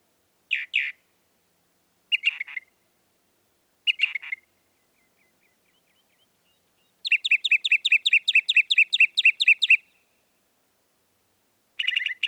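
Northern mockingbird song, varied phrases: three short two-part notes, then a long run of rapid repeated high notes, then a new phrase begins.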